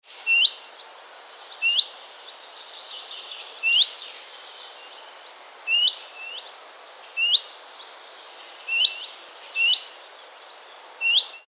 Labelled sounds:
Willow Warbler
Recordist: Tembrock, Günter
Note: Rufe

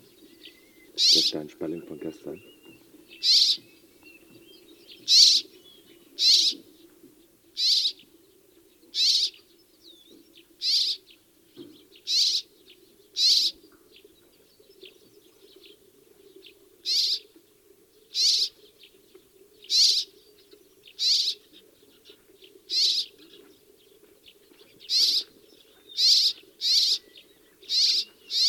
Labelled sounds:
Rock Sparrow call
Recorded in the wild
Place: Wüste Gobi, MN
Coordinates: 42.94, 105.082
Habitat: Desert
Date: 1979-06-02
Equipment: Nagra III BH, Sennheiser MD 21, parabola
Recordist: Schubert, Michael

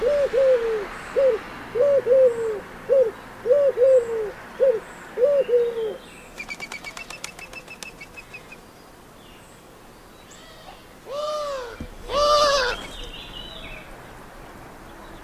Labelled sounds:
Eurasian Collared Dove
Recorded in the wild
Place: Tiuccia, Corsica, FR
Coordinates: 42.0703, 8.73083
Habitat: urban place
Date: 2011-07-23
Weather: 15°C, sunny, weak winds
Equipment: Fostex FR2-LE, Sennheiser ME66, Popschutz
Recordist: Frommolt, Karl-Heinz

